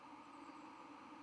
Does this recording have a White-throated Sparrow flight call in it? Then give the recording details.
no. No flight call is heard. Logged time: 11:00 on 31 October 2014